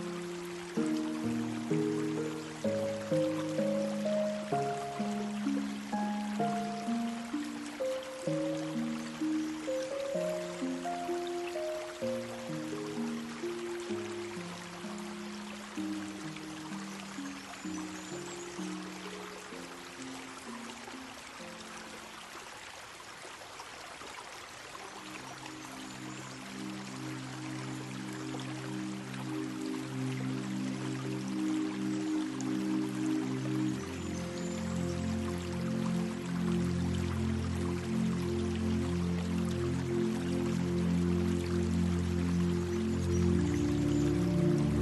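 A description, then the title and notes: Gentle music plays over a steady rush of flowing water. For the first twenty seconds or so, soft low notes step up and down in a slow, repeating melody; then the tune gives way to sustained, held chords that swell louder after about thirty-five seconds. Relaxing music with the sound of water.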